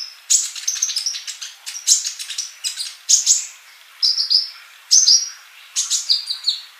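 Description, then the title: Bird song made of bright, high chirping bursts and clipped whistles, delivered in quick runs separated by short gaps. "Kicau Burung"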